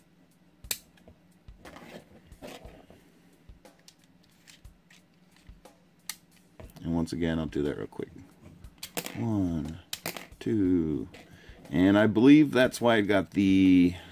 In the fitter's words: to reinsert them it's very easy you just slide them back in till you hear click and